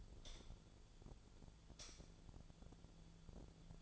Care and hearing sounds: daily activity, microphone in the room; light on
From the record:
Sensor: 5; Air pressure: 1010.0 hPa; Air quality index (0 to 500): 156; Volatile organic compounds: 3 ppm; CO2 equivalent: 1521 ppm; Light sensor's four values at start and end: 216/549/226/244 and 216/550/226/244

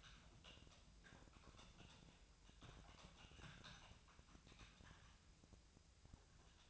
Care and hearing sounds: daily activity, microphone in the room; typing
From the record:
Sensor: 2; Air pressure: 999.1 hPa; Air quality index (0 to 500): 207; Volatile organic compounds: 35 ppm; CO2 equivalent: 3066 ppm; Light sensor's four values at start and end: 7/17/6/7 and 7/17/6/7

